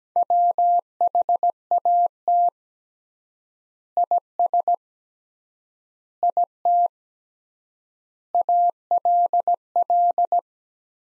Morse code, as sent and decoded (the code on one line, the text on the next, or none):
.-- .... .- - / .. ... / .. - / .- .-.. .-..
WHAT IS IT ALL